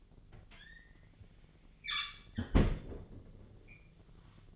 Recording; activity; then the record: daily activity, microphone in the room; close fridge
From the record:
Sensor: 4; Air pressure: 1010.5 hPa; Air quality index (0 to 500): 177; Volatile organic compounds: 5 ppm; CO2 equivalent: 1798 ppm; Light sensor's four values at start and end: 28/84/33/33 and 34/99/39/39